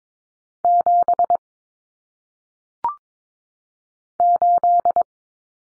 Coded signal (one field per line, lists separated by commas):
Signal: Morse code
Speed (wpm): 22 wpm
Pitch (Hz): 700 Hz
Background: none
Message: 7 8